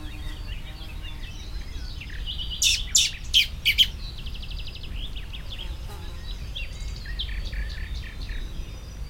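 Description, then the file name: Common blackbird with a burst of four or five harsh, clattering chack notes near three seconds, set against busy high trills and twitters of other birds. "Turdus merula"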